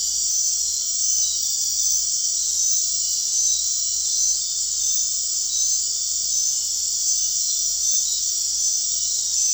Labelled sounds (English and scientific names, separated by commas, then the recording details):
none
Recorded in dense forest near Puerto Asís, Putumayo, Colombia, on 4 March 2025 at 22:00
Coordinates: 0.499, -76.324
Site GP03